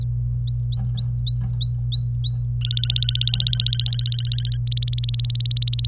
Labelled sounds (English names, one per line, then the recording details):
Domestic Canary song
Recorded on 26 April 2018 at 09:28
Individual llb3